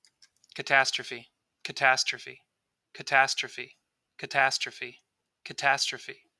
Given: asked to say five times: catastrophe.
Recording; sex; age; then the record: repeated word; male; 30 to 39 years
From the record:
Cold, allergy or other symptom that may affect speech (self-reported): no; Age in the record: 32 years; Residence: Texas, United States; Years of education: 16